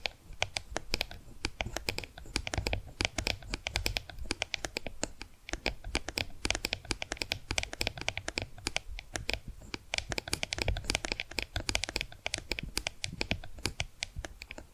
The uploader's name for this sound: Hypnotic Tapping & Scratching Sounds